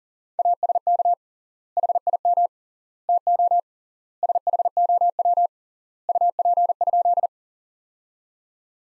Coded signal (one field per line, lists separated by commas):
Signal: Morse code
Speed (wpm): 37 wpm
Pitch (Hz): 700 Hz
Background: none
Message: ASK HIM TO SHOW UP?